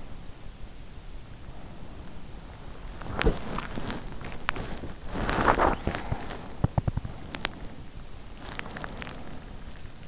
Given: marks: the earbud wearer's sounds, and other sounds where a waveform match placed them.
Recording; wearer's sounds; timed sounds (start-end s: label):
sounds in sleep by an in-ear microphone; body movement
2.64-10.08 s: body movement